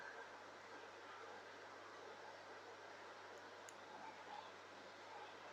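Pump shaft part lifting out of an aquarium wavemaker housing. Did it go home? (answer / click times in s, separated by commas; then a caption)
released / 3.7 s. A second part of a Red Sea ReefWave 25 wavemaker pump, a shaft part, is lifted straight up out of its seat in the housing during disassembly for cleaning. Over a steady broadband hiss, a single short, faint click is heard at 3.7 seconds as it lifts free and releases.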